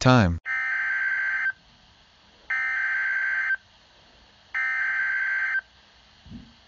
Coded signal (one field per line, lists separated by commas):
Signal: Emergency Alert System (SAME) tones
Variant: header bursts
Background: speech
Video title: EAS Scenario